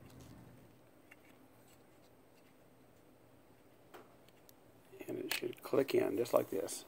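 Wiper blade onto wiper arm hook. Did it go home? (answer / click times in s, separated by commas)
no / none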